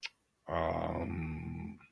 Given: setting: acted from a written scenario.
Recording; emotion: vocal sound without words; romantic love